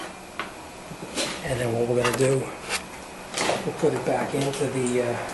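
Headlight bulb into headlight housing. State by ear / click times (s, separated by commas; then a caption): seated / 0.4 s. A new headlight bulb for a 2004-2010 Kia Rondo is pushed into the headlight housing socket and gives a sharp click at 0.4 s, seating it in place. Someone talks through the rest of the clip.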